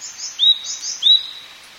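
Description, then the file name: Japanese tit giving two quick phrases, each a high rough note followed by a sliding clear whistle, heard briefly against faint background hiss. "shijukara"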